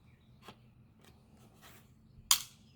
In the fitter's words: then you heard that other click now that other click means the front part of it is